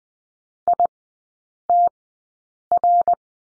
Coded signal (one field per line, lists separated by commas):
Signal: Morse code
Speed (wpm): 20 wpm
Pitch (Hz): 700 Hz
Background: none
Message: ITR